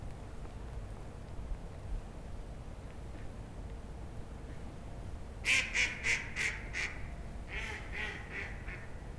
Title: Парк Останкино, Москва, Россия - hundreds of ducks